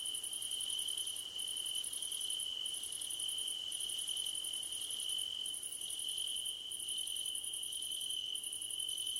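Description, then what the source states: Cricket chorus with long pulsed chirp trains broken by short pauses roughly every second, layered over a constant shrill trilling tone. Crickets at night under a starlit sky.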